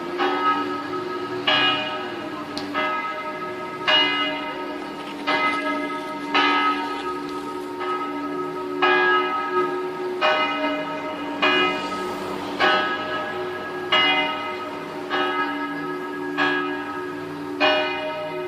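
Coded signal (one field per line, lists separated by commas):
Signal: bell signal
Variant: distesa, single swinging bell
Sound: one church bell swinging steadily, about 14 rich strikes with lingering hum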